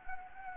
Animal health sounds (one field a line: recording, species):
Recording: mosquito wingbeat signal from an infrared sensor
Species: Anopheles gambiae